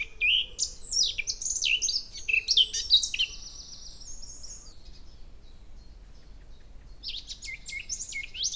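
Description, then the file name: Eurasian blackcap song, a loud fast warble of mixed whistled and twittering notes for about three seconds, a quiet pause, then another twittering phrase begins. "Sylvia atricapilla"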